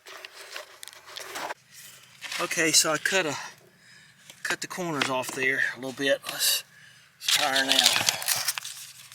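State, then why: Not seated. A crawl space foundation vent, its corners just trimmed off, is handled and pushed toward the foundation wall opening while someone talks. Short rustling, scraping handling noises and a few sharp taps come through between the talk. Nothing has seated or clicked yet.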